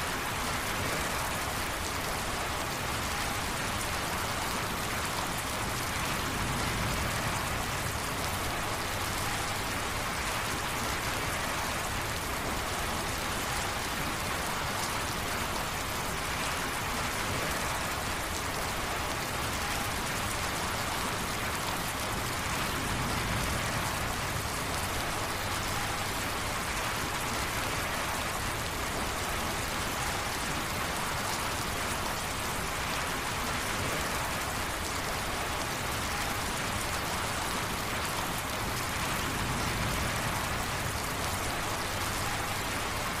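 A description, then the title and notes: Rain drums steadily on a tin roof, a dense, even hiss of countless drops filling the sound from low to bright. The intensity barely shifts, with faint low rumbling swells recurring every several seconds beneath the constant patter. Light and heavy mix of Rain on a Tin Roof.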